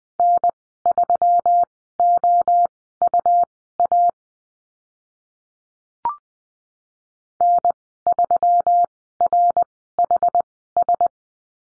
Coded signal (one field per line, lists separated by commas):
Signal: Morse code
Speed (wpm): 20 wpm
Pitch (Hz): 700 Hz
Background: none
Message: N3OUA N3RHS